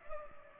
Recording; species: mosquito wingbeat signal from an infrared sensor; Culex pipiens